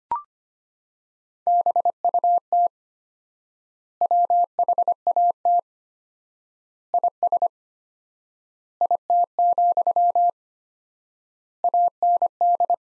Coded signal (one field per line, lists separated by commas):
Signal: Morse code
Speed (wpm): 25 wpm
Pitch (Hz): 700 Hz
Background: none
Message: BUT WHAT IS IT, AND